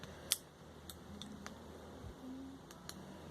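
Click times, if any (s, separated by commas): none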